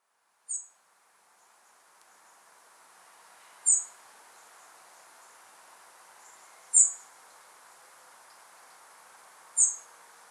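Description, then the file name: European robin calls: four thin, very high, brief notes, each spaced about three seconds apart, over a faint steady background hiss. "Erithacus rubecula"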